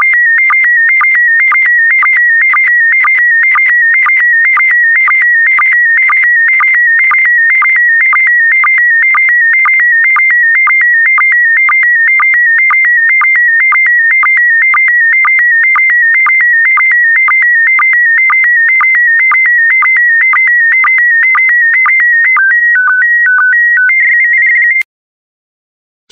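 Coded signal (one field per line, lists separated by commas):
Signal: SSTV (slow-scan television)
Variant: PD120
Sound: steady warbling tone shifting between high pitches, punctuated by regular short low blips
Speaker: complete you can now check your decoded image against the picture that is shown on the video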